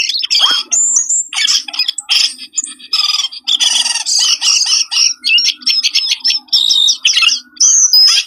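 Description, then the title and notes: Bird sounds densely layered, with scratchy chatter and chirps almost continuous, several callers overlapping, and a faint low gliding tone in the middle. Compilation of lure sounds meant to attract stubborn, wary birds that are hard to approach. "Suara Burung Bandel Yang Susah Mendekati. Kompilasi Suara Pikat Burung"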